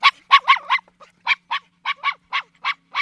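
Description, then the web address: Dog giving rapid, high-pitched yapping barks, about a dozen short notes in quick, uneven succession, with no other clear sounds. "AKAI S 6000 CD-ROM - Volume 1 Volume 1 SOUND EFFECT DOGS DOG"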